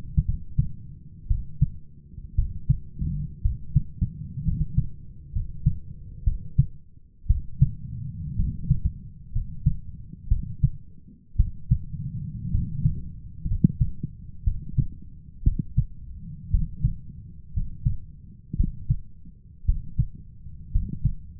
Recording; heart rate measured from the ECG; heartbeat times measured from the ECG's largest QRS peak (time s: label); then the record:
heart sounds by stethoscope; 59 bpm
0.24 s: heartbeat
1.26 s: heartbeat
2.34 s: heartbeat
3.41 s: heartbeat
4.43 s: heartbeat
5.31 s: heartbeat
6.23 s: heartbeat
7.26 s: heartbeat
8.35 s: heartbeat
9.31 s: heartbeat
10.28 s: heartbeat
11.36 s: heartbeat
12.50 s: heartbeat
13.47 s: heartbeat
14.43 s: heartbeat
15.43 s: heartbeat
16.50 s: heartbeat
17.53 s: heartbeat
18.56 s: heartbeat
19.65 s: heartbeat
20.71 s: heartbeat
From the record:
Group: healthy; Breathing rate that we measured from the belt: 14 breaths a minute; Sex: male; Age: 23 years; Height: 178 cm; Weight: 96.6 kg